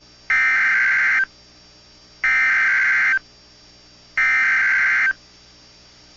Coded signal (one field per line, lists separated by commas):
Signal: Emergency Alert System (SAME) tones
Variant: header bursts